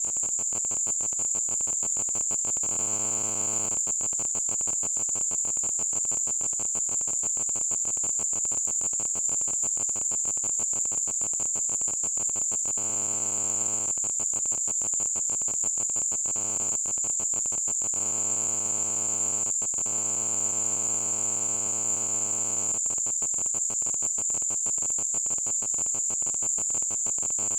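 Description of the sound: A steady, very high-pitched ringing whistle holds at constant loudness for about 27 seconds, with faint buzzy tones coming and going underneath. This is a simulation of tinnitus, the ringing in the ears heard without any outside sound.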